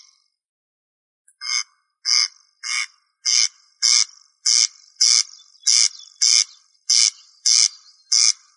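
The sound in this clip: Rail call starting after over a second of near silence, then rasping buzzy notes repeated evenly to the end.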